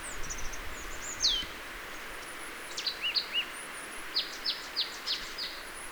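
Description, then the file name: Marsh tit calls, a lone sharp downslur, then short runs of high, clipped notes repeated about every third of a second, over steady hiss and a faint high whistle. "Poecile palustris"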